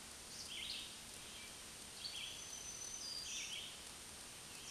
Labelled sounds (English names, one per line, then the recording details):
Black-throated Green Warbler song
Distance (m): 40 m
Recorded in a Pennsylvania forest on 1 June 2023 at 06:11
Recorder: AudioMoth, point grid3_11_high
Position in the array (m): 243 m, 121 m